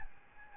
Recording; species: mosquito wingbeat signal from an infrared sensor; Aedes albopictus